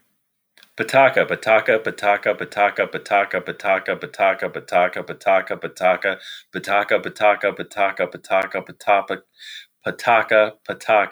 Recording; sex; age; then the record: repeated syllables /pa ta ka/; male; 40 to 49 years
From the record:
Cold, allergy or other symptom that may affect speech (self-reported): no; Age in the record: 41 years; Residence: Maryland, United States